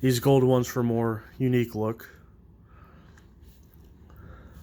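Someone talks for the first two seconds while a plastic building-brick spare wheel is handled near its holder on a toy dirt bike transporter truck. After that, only faint small handling ticks are heard against a quiet background. Nothing has seated or clicked yet when the clip ends.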